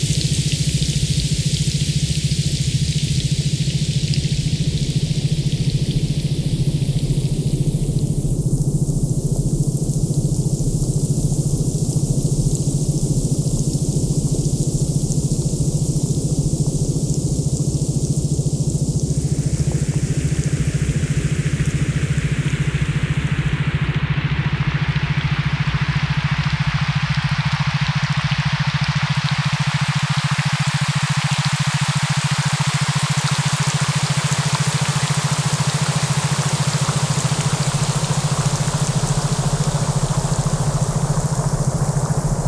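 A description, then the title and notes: Steady rain hiss runs through the whole recording with no pauses, dense and even in level. Underneath, a low constant hum holds one pitch throughout, while the brighter parts of the rain shift gradually in tone over time. A pleasant rain soundscape coupled with an audible repeating tone.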